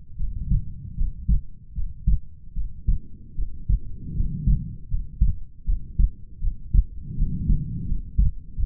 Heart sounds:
heart sounds by stethoscope; 79 bpm
0.16 s: heartbeat
0.95 s: heartbeat
1.73 s: heartbeat
2.53 s: heartbeat
3.35 s: heartbeat
4.13 s: heartbeat
4.88 s: heartbeat
5.64 s: heartbeat
6.40 s: heartbeat
7.15 s: heartbeat
7.86 s: heartbeat
8.55 s: heartbeat
From the record:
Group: healthy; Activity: rest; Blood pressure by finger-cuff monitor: 95/64 mmHg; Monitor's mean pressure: 74 mmHg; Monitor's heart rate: 76 bpm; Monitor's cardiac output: 5.7 L/min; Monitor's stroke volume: 75 mL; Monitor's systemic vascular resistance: 940 dyn s/cm5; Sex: female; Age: 22 years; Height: 160 cm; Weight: 45 kg

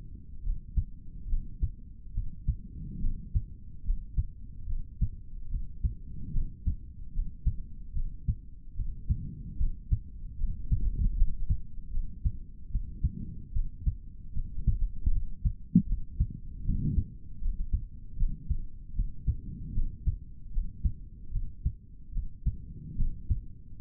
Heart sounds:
heart sounds by stethoscope; 75 bpm
0.43 s: heartbeat
1.27 s: heartbeat
2.13 s: heartbeat
3.00 s: heartbeat
3.83 s: heartbeat
4.66 s: heartbeat
5.49 s: heartbeat
6.32 s: heartbeat
7.12 s: heartbeat
7.93 s: heartbeat
8.75 s: heartbeat
9.57 s: heartbeat
10.37 s: heartbeat
11.15 s: heartbeat
11.90 s: heartbeat
12.69 s: heartbeat
13.53 s: heartbeat
14.33 s: heartbeat
15.11 s: heartbeat
15.87 s: heartbeat
16.64 s: heartbeat
17.41 s: heartbeat
18.17 s: heartbeat
18.94 s: heartbeat
19.73 s: heartbeat
20.51 s: heartbeat
21.31 s: heartbeat
22.12 s: heartbeat
22.96 s: heartbeat
23.78 s: heartbeat
From the record:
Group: healthy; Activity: cold pressor test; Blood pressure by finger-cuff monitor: 108/60 mmHg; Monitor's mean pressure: 76 mmHg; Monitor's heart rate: 74 bpm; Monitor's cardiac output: 4.5 L/min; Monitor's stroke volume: 60 mL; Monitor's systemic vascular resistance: 1220 dyn s/cm5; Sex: male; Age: 55 years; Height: 167 cm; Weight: 57.2 kg

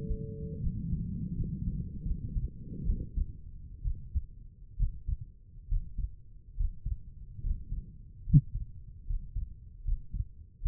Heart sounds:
heart sounds by stethoscope; 72 bpm
0.62 s: heartbeat
1.36 s: heartbeat
2.05 s: heartbeat
2.85 s: heartbeat
3.83 s: heartbeat
4.78 s: heartbeat
5.69 s: heartbeat
6.57 s: heartbeat
7.43 s: heartbeat
8.26 s: heartbeat
9.07 s: heartbeat
9.84 s: heartbeat
10.62 s: heartbeat
From the record:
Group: healthy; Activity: Valsalva maneuver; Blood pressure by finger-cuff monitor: 93/62 mmHg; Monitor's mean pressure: 70 mmHg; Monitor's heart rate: 71 bpm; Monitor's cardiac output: 5.7 L/min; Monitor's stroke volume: 78 mL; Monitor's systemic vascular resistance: 880 dyn s/cm5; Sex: female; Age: 22 years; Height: 163 cm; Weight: 67.1 kg

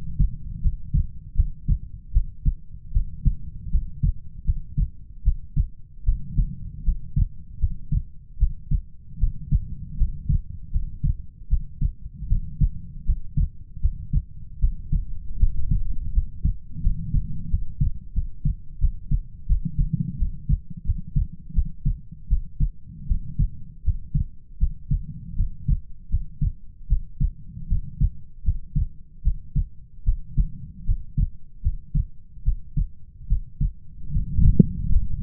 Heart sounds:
heart sounds by stethoscope; 79 bpm
0.61 s: heartbeat
1.34 s: heartbeat
2.12 s: heartbeat
2.92 s: heartbeat
3.70 s: heartbeat
4.44 s: heartbeat
5.23 s: heartbeat
6.04 s: heartbeat
6.83 s: heartbeat
7.59 s: heartbeat
8.38 s: heartbeat
9.18 s: heartbeat
9.96 s: heartbeat
10.71 s: heartbeat
11.48 s: heartbeat
12.27 s: heartbeat
13.04 s: heartbeat
13.80 s: heartbeat
14.59 s: heartbeat
15.38 s: heartbeat
16.12 s: heartbeat
16.81 s: heartbeat
17.49 s: heartbeat
18.13 s: heartbeat
18.79 s: heartbeat
19.47 s: heartbeat
20.17 s: heartbeat
20.84 s: heartbeat
21.53 s: heartbeat
22.28 s: heartbeat
23.06 s: heartbeat
23.83 s: heartbeat
24.58 s: heartbeat
25.35 s: heartbeat
26.09 s: heartbeat
26.87 s: heartbeat
27.67 s: heartbeat
28.43 s: heartbeat
29.22 s: heartbeat
30.04 s: heartbeat
30.84 s: heartbeat
31.61 s: heartbeat
32.43 s: heartbeat
33.27 s: heartbeat
34.11 s: heartbeat
34.90 s: heartbeat
From the record:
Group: healthy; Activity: rest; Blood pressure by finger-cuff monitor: 98/57 mmHg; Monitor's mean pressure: 71 mmHg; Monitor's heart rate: 78 bpm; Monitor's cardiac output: 7.1 L/min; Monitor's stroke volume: 91 mL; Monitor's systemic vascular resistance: 700 dyn s/cm5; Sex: female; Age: 19 years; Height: 163 cm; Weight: 48.9 kg

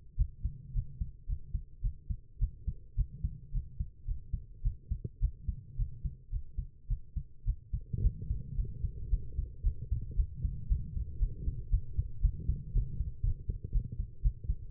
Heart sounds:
heart sounds by stethoscope; 111 bpm
0.16 s: heartbeat
0.73 s: heartbeat
1.27 s: heartbeat
1.81 s: heartbeat
2.39 s: heartbeat
2.95 s: heartbeat
3.52 s: heartbeat
4.05 s: heartbeat
4.62 s: heartbeat
5.19 s: heartbeat
5.76 s: heartbeat
6.30 s: heartbeat
6.87 s: heartbeat
7.44 s: heartbeat
8.01 s: heartbeat
8.55 s: heartbeat
9.09 s: heartbeat
9.63 s: heartbeat
10.16 s: heartbeat
10.68 s: heartbeat
11.19 s: heartbeat
11.70 s: heartbeat
12.21 s: heartbeat
12.73 s: heartbeat
13.22 s: heartbeat
13.72 s: heartbeat
14.22 s: heartbeat
From the record:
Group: healthy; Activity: cold pressor test 0-5 s, rest 5-15 s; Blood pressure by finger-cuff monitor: 113/80 mmHg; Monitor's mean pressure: 94 mmHg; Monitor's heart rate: 110 bpm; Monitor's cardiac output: 8.7 L/min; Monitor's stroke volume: 80 mL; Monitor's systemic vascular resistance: 800 dyn s/cm5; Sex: female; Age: 19 years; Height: 163 cm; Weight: 51 kg

